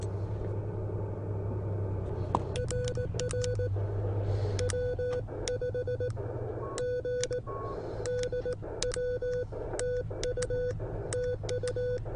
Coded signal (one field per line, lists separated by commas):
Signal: Morse code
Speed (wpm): 19 wpm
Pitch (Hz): 1490 Hz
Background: none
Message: RR W5GDW TU TU